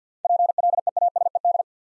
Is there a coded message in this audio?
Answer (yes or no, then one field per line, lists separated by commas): yes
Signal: Morse code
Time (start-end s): 0.2-1.6 s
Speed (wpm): 48 wpm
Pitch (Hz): 700 Hz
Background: none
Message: PLEASED